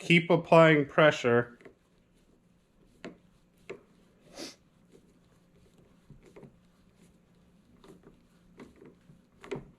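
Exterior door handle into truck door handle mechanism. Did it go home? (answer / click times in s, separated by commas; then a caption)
no / none. Someone talks briefly while keeping pressure on the exterior door handle of a 2021+ Ford truck or Bronco as the set screw is slowly tightened to bring it back into the door handle mechanism. Faint, sharp taps and small mechanical sounds follow over a quiet background. The handle has not clicked or seated into the mechanism yet.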